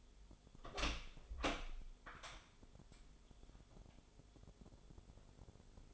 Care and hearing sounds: daily activity, microphone in the room; open door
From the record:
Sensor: 5

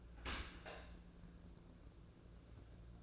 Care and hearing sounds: daily activity, microphone in the room; open dishwasher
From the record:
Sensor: 2

